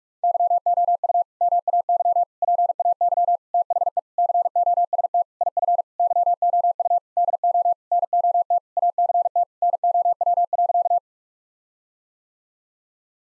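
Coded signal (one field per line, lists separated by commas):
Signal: Morse code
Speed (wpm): 46 wpm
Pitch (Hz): 700 Hz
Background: none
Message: YOU MAY PAY THE COST IF YOU DO NOT ACT NOW.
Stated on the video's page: Morse code practice at 45 wpm of sentences containing common eight-word phrases, first words spoken as a guide, each sent, spoken, then sent again.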